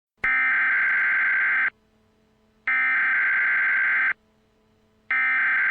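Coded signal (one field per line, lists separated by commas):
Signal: Emergency Alert System (SAME) tones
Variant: header bursts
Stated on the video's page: Remake of National Weather Service EAS tornado emergency alerts for an EF-3 tornado in Pasadena and Deer Park, Harris County, Texas.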